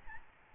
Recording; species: mosquito wingbeat signal from an infrared sensor; Aedes albopictus